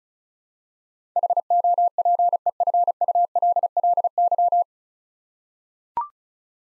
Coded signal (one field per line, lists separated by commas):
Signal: Morse code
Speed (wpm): 36 wpm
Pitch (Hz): 700 Hz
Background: none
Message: HOPEFULLY